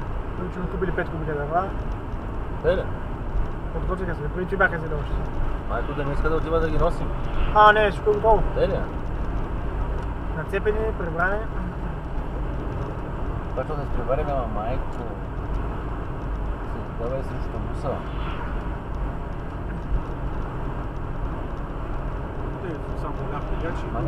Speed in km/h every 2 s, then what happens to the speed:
84, 81, 80, 81, 82, 82, 83, 82, 82, 82, 82, 83.
0-24 steady at about 82.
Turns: none.